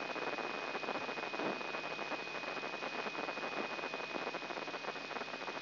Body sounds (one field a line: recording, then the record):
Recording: brain microelectrode recording played as sound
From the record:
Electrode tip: inside the subthalamic nucleus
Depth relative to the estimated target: -3 mm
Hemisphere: right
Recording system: AlphaMap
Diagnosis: Parkinson's disease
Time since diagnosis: 6 years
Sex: female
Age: 40 years